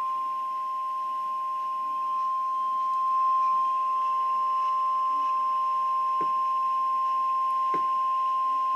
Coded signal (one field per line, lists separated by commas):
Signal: Emergency Alert System (SAME) tones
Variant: 1050 Hz attention tone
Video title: {EAS FIRST} EAS #1 MY FIRST EAS AND TORNADO WARNING 7-1-2013